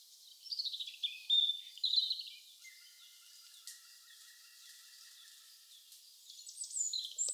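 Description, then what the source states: Birds twittering in high quick phrases, then a faint lower whistled tone, with more high chirps near the end. Birdsong atmosphere.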